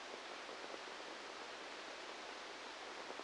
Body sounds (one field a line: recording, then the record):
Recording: brain microelectrode recording played as sound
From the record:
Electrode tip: outside the subthalamic nucleus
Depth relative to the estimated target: -6 mm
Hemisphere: right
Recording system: NeuroSet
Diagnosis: Parkinson's disease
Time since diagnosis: 7 years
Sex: male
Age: 44 years